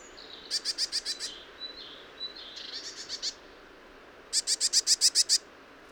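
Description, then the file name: Eurasian blue tit giving rapid scolding churrs of harsh, evenly spaced notes, with soft thin whistles between the first two bursts; quiet background. "Cyanistes caeruleus"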